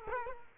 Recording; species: mosquito wingbeat signal from an infrared sensor; Culex quinquefasciatus